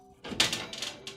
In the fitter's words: and there we go first try snapped right in